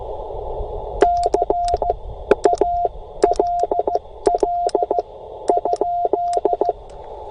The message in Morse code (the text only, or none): CALL?